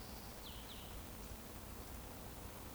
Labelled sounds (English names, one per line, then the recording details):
Eurasian Woodcock whistle
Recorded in Baden-Württemberg, Germany, on 24 June 2020 at 19:57 UTC
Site 14569, 102 m above sea level